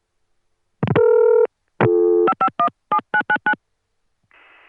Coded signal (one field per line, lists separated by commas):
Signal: DTMF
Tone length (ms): 80 ms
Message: 5517999